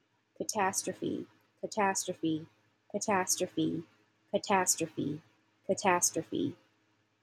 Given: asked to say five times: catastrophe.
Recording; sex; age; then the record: repeated word; female; 30 to 39 years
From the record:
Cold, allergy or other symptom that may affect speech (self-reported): no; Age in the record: 38 years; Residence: New York, United States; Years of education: 20